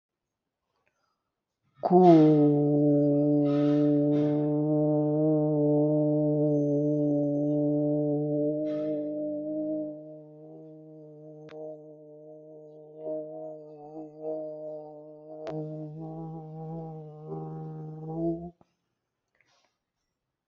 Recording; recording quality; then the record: sustained vowel as in boot; excellent, no background noise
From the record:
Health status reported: respiratory illness, not identified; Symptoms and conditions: asthma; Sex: male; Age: 45 years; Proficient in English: yes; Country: India